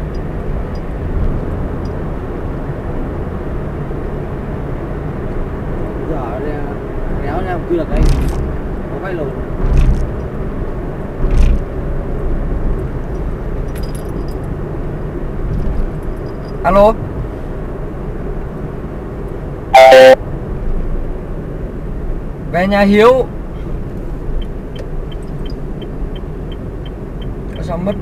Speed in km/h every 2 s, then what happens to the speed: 73, 75, 76, 73, 68, 65, 62, 61, 59, 56, 50, 46, 45, 44.
0-5 steady at about 75. 5-22 slows to 46. 22-28 steady at about 45.